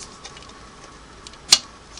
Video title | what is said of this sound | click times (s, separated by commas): Finishing All Together Now - Coco goes to the Spa Pt. 8b - A Singer Model 301A Rehab | in the hole and she likes to hear it kind of like snap in place like | 1.5 s